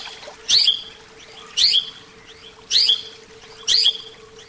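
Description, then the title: Oriental magpie-robin giving a loud short whistled phrase, repeated four times at roughly one-second intervals, over a steady low hum. "Kicau Kacer"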